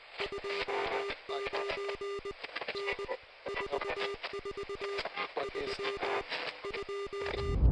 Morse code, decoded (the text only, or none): 29 N 44 3 2